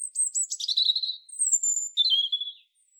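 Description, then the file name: European robin singing a continuous phrase of sweet, high whistles and rapid trills, dropping and rising in pitch, for about two and a half seconds. "Erithacus rubecula"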